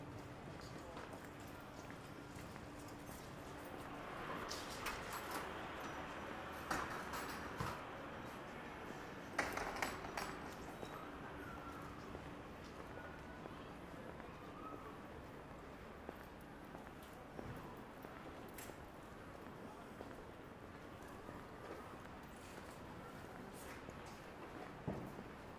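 A busy daytime shopping street, with a steady crowd murmur and low traffic rumble throughout. Voices and footsteps pass by, with sharper knocks and clatters around 6–10 seconds, and a faint steady low hum underneath.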